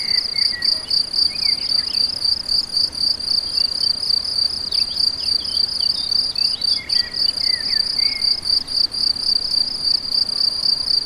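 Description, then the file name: Cricket chorus of fast, regular high chirps, roughly four per second, with scattered soft bird notes behind. Several crickets; recorded on an MZ-N710; dated 7 05 14. "MZ-N 710 Grillons 7 05 14"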